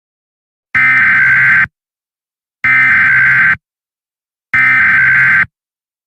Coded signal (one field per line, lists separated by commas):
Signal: Emergency Alert System (SAME) tones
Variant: header bursts